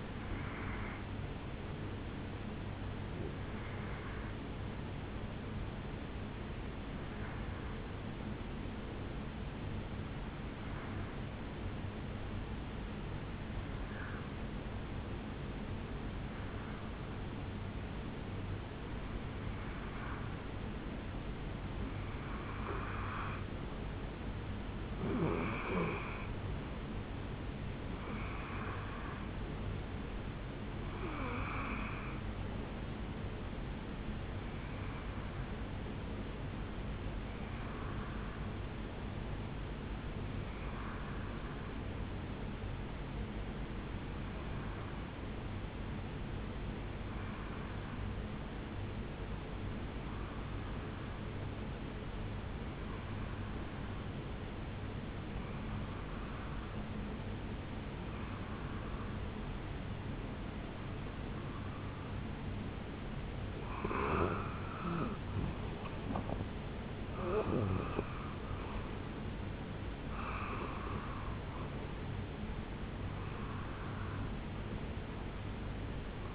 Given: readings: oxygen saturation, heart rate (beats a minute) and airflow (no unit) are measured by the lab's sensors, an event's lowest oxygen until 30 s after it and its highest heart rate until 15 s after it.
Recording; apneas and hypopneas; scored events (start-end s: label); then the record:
breathing in sleep by a voice recorder at the bedside; 2
7.00-22.80 s: hypopnea (N1, oxygen 96% highest, then 92% lowest, heart rate 65 at the start, 75 highest)
39.00-65.80 s: hypopnea (N1, oxygen 94% highest, then 90% lowest, heart rate 69 at the start, 77 highest)
44.00-74.00 s: new sleep stage, N2 (light sleep)
74.00-76.35 s: new sleep stage, N1 (lightest sleep)
From the record:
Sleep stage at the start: N1 (lightest sleep); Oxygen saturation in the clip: 91 to 96%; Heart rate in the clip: 65 to 77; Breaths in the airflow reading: 22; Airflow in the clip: -9.4 to 5.3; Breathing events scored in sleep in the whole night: 449 in 7.0 hours asleep